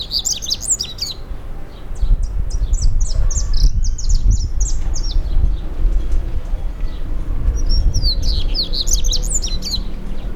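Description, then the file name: Double-collared seedeater song, bursts of rapid high chirps and twittering notes at the start, middle and end, over steady low rumbling background noise. Recorded 2 November 2009. "Sporophilacoerulescenslong 2 nov 09"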